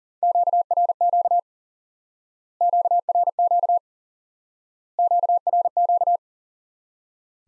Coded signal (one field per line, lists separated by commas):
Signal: Morse code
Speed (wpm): 37 wpm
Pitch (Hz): 700 Hz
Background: none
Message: QRQ QRQ QRQ